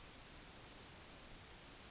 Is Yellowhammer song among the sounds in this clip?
yes